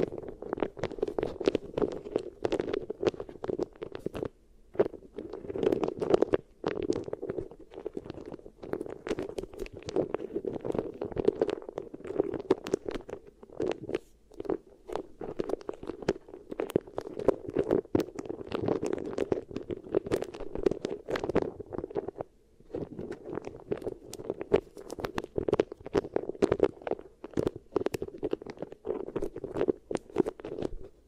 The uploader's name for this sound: Really Nice Beeswax Ear Triggers